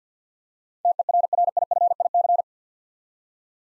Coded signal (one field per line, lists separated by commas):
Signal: Morse code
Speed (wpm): 50 wpm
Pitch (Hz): 700 Hz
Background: none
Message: TERRIFIC